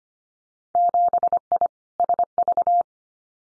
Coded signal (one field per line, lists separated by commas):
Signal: Morse code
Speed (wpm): 25 wpm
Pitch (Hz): 700 Hz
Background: none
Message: 7I SV